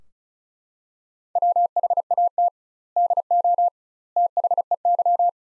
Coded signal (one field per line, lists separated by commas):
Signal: Morse code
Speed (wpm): 36 wpm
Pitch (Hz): 700 Hz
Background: none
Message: WHAT DO THEY